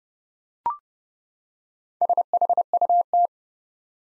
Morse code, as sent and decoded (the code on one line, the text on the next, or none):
... .... ..- -
SHUT